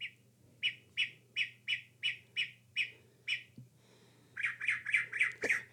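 Northern mockingbird: a string of several evenly spaced harsh notes, then a faster run of squawky notes, with a click and a low hum.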